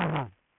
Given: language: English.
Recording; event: throat vibration sensor signal played as sound; throat clearing